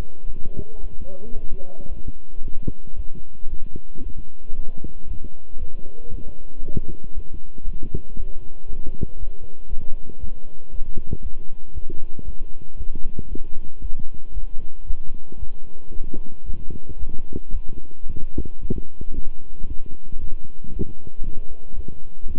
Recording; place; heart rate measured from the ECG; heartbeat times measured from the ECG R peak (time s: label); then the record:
heart sounds by stethoscope; between the tricuspid and mitral areas; 115 bpm
0.25 s: heartbeat
0.79 s: heartbeat
1.33 s: heartbeat
1.87 s: heartbeat
2.41 s: heartbeat
2.94 s: heartbeat
3.47 s: heartbeat
4.01 s: heartbeat
4.53 s: heartbeat
5.05 s: heartbeat
5.57 s: heartbeat
6.09 s: heartbeat
6.61 s: heartbeat
7.13 s: heartbeat
7.64 s: heartbeat
8.15 s: heartbeat
8.66 s: heartbeat
9.17 s: heartbeat
9.68 s: heartbeat
10.18 s: heartbeat
10.70 s: heartbeat
11.21 s: heartbeat
11.72 s: heartbeat
12.23 s: heartbeat
12.75 s: heartbeat
13.27 s: heartbeat
13.80 s: heartbeat
14.32 s: heartbeat
14.85 s: heartbeat
15.38 s: heartbeat
15.91 s: heartbeat
16.44 s: heartbeat
16.97 s: heartbeat
17.51 s: heartbeat
18.05 s: heartbeat
18.59 s: heartbeat
19.13 s: heartbeat
19.66 s: heartbeat
20.18 s: heartbeat
20.71 s: heartbeat
21.23 s: heartbeat
21.74 s: heartbeat
22.26 s: heartbeat
From the record:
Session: walking at 3.7 km/h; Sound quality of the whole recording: good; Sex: male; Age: 26 years